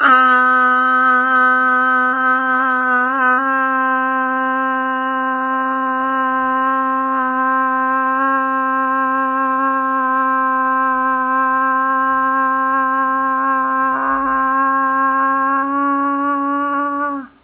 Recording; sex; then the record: sustained vowel /a/; female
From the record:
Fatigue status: no fatigue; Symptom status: symptomatic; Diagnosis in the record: COVID-19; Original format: 3gp